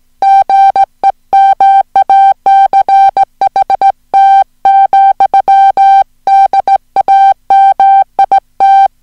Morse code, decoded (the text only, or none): GEMACHT, DAMIT